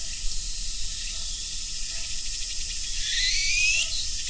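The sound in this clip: Shrill, steady cicada buzz, with a gliding rising whine near the end as the sound grows slightly louder.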